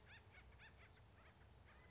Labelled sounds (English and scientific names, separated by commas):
Acorn Woodpecker (Melanerpes formicivorus)